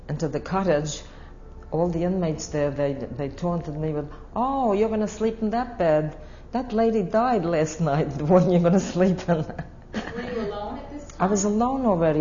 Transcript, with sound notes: into the cottage, all these inmates there, they taunted me with, "Oh your gonna sleep un that bed. That lady died last night, the one you're gonna sleep in." (She laughs.)
Were you alone at this time?
I was alone already.